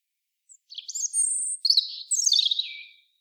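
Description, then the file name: European robin singing one high-pitched phrase of scratchy twitters and a thin sustained whistle, then a tumbling trill that drops slightly in pitch and fades away. "Erithacus rubecula"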